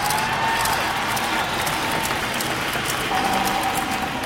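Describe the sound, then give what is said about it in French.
A large crowd of nearly 10,000 at Bucharest airport, Romania, claps and cheers continuously as Nadia Comăneci returns and steps off the plane, with flowers and camera flashes. It is a dense, steady roar of applause with bright crackling hand claps throughout and no gaps. “Cris de joie, bouquets de fleurs et flashs par milliers.”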